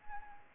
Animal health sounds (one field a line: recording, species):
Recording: mosquito wingbeat signal from an infrared sensor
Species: Anopheles arabiensis